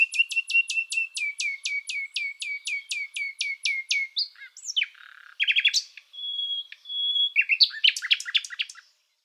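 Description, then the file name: Common nightingale song: a long run of rapid, evenly spaced loud notes sweeping down from high pitch, then a varied jumble of whistles, a steady pure note and buzzy phrases. "Luscinia megarhynchos. Trilar"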